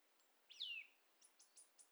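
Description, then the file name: Eurasian nuthatch: a single down-slurred call note followed by a short series of thin, very high clicks. "Sitta europaea"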